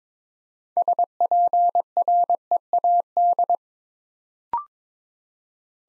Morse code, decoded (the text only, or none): SPREAD